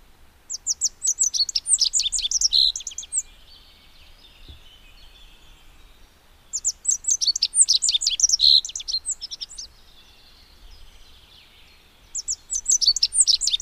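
Rock bunting song phrases of fast high twittering notes about three seconds long, returning roughly every six seconds with quiet gaps between.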